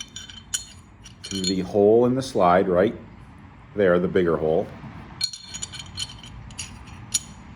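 A metal pistol barrel is fed through the larger opening in an upside-down slide during reassembly and lined up, giving light metal clinks from handling around 0.0–1.1 s and 5.2–7.2 s while someone talks in between. Nothing has seated or clicked yet; the barrel has not been pushed back into place.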